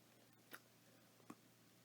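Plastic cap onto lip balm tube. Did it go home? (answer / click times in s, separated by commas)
no / none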